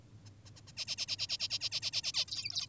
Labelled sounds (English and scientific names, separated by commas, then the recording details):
Zebra Finch (Taeniopygia guttata)
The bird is an adult
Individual g19o10U